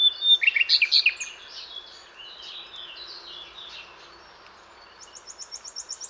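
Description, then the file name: Common nightingale phrases: loud chirps and whistled notes at first, quieter warbling after, then a high rapid trill of repeated thin notes near the end. "Luscinia megarhynchos"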